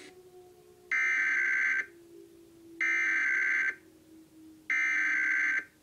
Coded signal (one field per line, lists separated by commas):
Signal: Emergency Alert System (SAME) tones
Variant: header bursts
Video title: Iowa Required Monthly Tests (EAS #35-36)